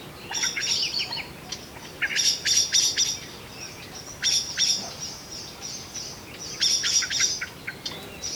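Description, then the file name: Common blackbird calls, clusters of sharp, high chinking notes in quick bursts. "Turdus merula"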